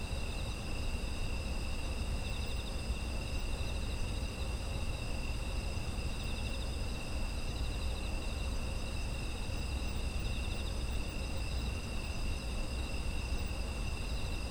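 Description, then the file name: Insects trill together without a break, shrill overlapping tones holding steady while a deep hum runs underneath. Autumn insect ambience. "秋の虫の環境音"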